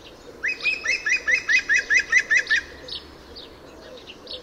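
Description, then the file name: European green woodpecker call, about ten ringing notes in a steady series, followed by faint high calls over background noise. "Dzięcioł zielony"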